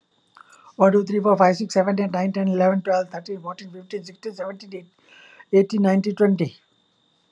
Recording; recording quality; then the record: counting at a fast pace; excellent, no background noise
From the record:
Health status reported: healthy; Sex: female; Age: 51 years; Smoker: no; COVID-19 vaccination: both doses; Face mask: not worn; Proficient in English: yes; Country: India